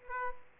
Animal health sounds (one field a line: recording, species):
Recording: mosquito wingbeat signal from an infrared sensor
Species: Aedes aegypti